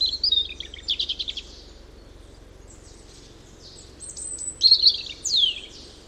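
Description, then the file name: European robin song: high, thin trilling and fluttering phrases, a pause, then more high twittering phrases. "rougegorge familier"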